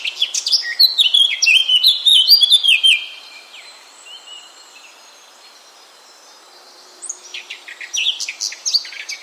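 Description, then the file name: Eurasian blackcap song: a rich, fast warbling phrase of mixed whistles and chirps for about three seconds, a quiet gap, then another burst of chattering notes near the end. "Sylvia atricapilla"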